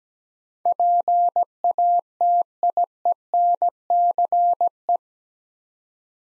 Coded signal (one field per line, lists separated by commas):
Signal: Morse code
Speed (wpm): 17 wpm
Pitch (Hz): 700 Hz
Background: none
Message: PATIENCE